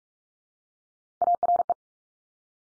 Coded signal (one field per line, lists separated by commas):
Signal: Morse code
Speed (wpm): 44 wpm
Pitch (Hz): 700 Hz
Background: none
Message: ARE